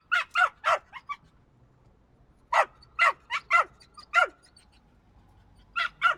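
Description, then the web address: Small dog yapping rapidly in clusters of several high barks, separated by a pause of over a second. "Epidemic Sound Albums. Dog Bark Small Size"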